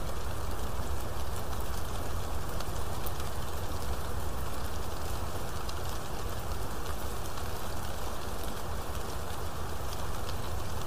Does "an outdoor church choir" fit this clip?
no